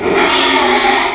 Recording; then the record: squeal of a Yucatan mini pig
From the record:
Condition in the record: after surgery on the right vocal fold (resection and tissue-engineered implant); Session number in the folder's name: 2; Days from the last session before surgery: 13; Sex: male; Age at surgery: 12 weeks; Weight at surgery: 13 kg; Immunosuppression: cyclosporine, prednisolone